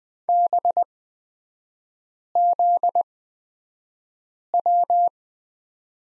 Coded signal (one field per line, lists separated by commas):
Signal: Morse code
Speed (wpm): 20 wpm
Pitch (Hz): 700 Hz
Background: none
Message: BZW